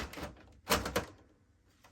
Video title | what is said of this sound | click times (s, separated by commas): How to Change Toner Brother Printer Instructions in American English | That's the kind of sound you're looking for. | 0.7 s, 1.0 s